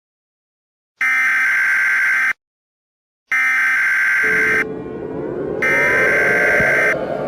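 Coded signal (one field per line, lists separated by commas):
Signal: Emergency Alert System (SAME) tones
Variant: header bursts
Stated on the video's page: Fictional Emergency Alert System scenario about a hurricane, not a real broadcast.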